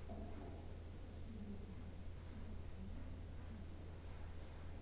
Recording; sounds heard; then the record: poultry house recording; no chicken sound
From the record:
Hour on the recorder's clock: 14